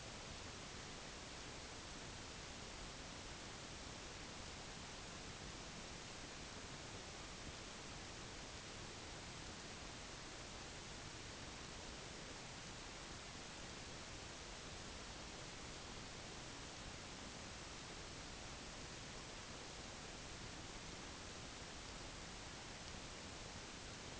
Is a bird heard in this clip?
no